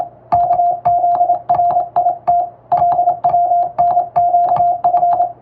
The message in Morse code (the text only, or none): KZRIT LWNQF